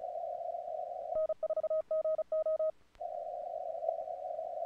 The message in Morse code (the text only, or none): N4GO